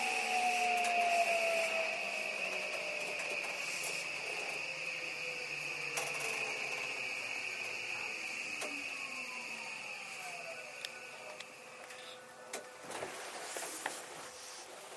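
A JR 323 series train runs at Momodani, a steady high whine and falling tones gliding down, with clicks and knocks near the end.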